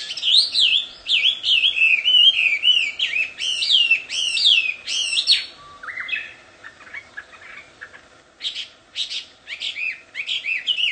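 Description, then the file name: Chinese hwamei pouring out looping whistled phrases, pausing briefly around midway for softer notes, then resuming with sharp clipped whistles. Wild bird singing in the wild. "audio-kicauan-burung-hwamei-di-alam-liar -omkicau"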